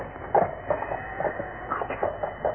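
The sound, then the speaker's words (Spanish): Horses galloping while pulling Count Bartók's carriage as it approaches: a steady run of hollow, knocking hoofbeats mixed with a rattling, creaking mechanical clatter, moderately loud, with no voices. “Escuchaba el galope de unos caballos arrastrando una carroza.”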